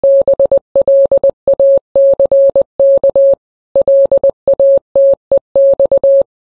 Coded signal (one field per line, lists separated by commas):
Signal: Morse code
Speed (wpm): 20 wpm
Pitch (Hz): 550 Hz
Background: none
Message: BLACK LATEX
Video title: Morse Message…